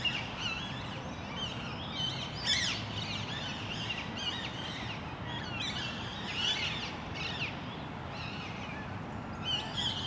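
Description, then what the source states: Parakeet flock screeching, rasping up-and-down squawks coming in irregular clusters over a continuous low rumble. Parakeets in Parc Duden, Forest, Brussels, Belgium, recorded just before nightfall with Zoom MicTrak M4 internal XY microphones.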